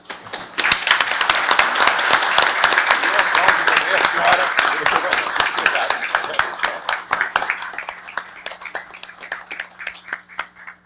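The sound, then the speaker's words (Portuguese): A standing crowd breaks into steady applause for the entrepreneurs carrying on the work maintained by the CIE. The dense clapping holds strong for several seconds, then thins out toward the end into scattered individual claps. “Eu peço uma salva de palmas a todos.”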